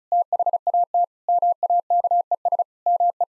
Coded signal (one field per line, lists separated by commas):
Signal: Morse code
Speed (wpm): 34 wpm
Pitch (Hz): 700 Hz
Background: none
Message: THAT MAKES ME